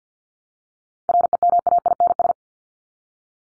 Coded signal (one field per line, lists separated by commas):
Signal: Morse code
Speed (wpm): 50 wpm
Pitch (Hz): 700 Hz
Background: none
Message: REMAINS